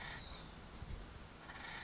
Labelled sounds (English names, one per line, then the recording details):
Acorn Woodpecker
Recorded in Sonoma County, California